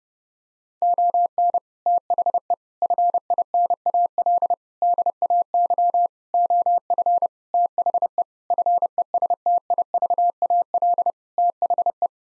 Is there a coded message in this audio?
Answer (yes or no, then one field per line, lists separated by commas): yes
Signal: Morse code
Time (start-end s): 0.8-12.1 s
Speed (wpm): 30 wpm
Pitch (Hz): 700 Hz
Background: none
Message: ON THE FINAL DAY OF THE FESTIVAL THE